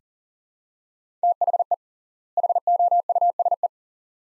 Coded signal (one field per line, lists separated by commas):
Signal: Morse code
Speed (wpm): 40 wpm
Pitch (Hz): 700 Hz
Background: none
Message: THE HOUSE